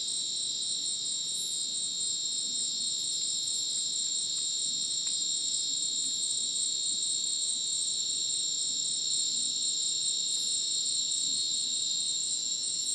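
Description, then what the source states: Crickets chirping in an unbroken, shrill high chorus of overlapping trills with a loose, fast pulse throughout. Dense rainforest at Ucumari, Madidi National Park, Bolivia, after sunset; very dense insect chorus like a polyrhythmic electronic concert; AT BP4029 microphone, MixPre 6 recorder.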